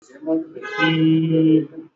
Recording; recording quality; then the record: sustained vowel as in beet; moderate, slight background noise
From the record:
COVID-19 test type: RT-PCR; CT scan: not taken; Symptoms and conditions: cough, cold, fever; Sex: female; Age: 35 years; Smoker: no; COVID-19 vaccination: both doses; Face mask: worn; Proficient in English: yes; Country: India